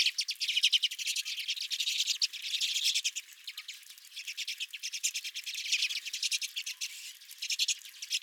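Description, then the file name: Redpoll flock keeping up a steady stream of sharp, rapid chattering calls, with only brief dips in loudness. Redpolls at the recordist's feeder. "Redpolls at My Feeder"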